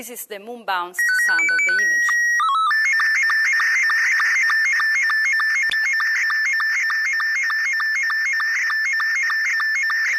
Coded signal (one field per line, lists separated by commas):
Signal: SSTV (slow-scan television)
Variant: Robot 72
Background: speech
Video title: SSTV moonbounce